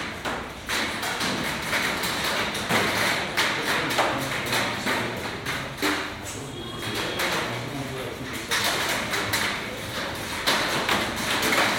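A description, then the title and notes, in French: A soundscape recorded in Lubumbashi, dense and busy throughout with overlapping thumps, taps and knocks at an irregular, fairly quick pace. Indistinct voices mix into the steady din, with a brief thin tone near the middle. Une sélection de paysages sonores enregistrés à Lubumbashi par BNA-BBOT en octobre-novembre 2022.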